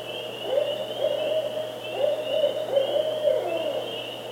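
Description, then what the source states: Barred Owl hooting, short rounded notes in several loose groups, with a continuous rhythmic insect trill in the background. Northern Barred Owl subspecies.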